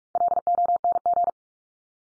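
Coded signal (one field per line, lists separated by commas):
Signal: Morse code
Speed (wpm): 44 wpm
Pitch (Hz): 700 Hz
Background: none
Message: LONG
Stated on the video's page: Morse drill of the 100 most common English words at 45 wpm, each sent three times, spoken, then sent again for head-copy.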